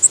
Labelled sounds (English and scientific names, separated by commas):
Magnolia Warbler (Setophaga magnolia) flight call